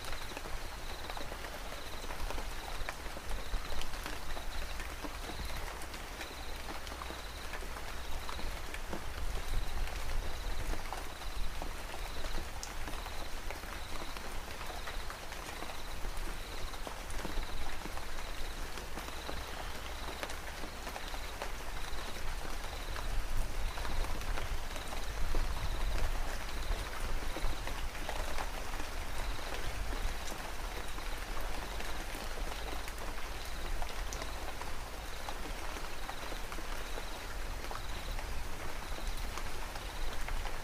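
Steady, dense rain patters throughout while crickets pulse in a high, regular trill, over a faint low rumble in the background.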